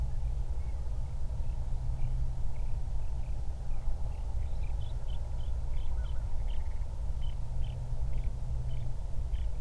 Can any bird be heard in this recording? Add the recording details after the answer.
yes. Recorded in the Prudhoe Bay oil fields, Alaska, on 31 July 2019 at 08:42. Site 24